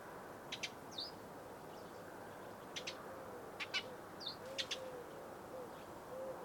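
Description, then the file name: Eurasian tree sparrow calls, scattered chirps in doubled bursts with a few rising notes. "mezei vereb hangja"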